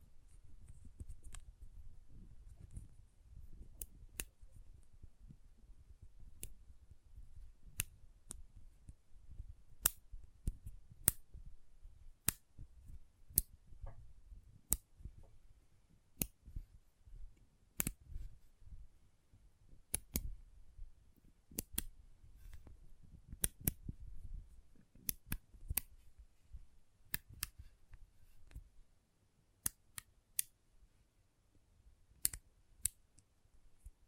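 Magnets snap together in sharp, bright clicks, arriving irregularly about once every second or two for the whole stretch, sometimes in quick pairs. Beneath them runs a soft, low rustling and handling sound that swells and fades between the snaps.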